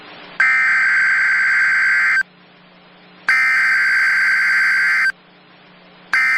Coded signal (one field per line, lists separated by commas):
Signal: Emergency Alert System (SAME) tones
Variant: header bursts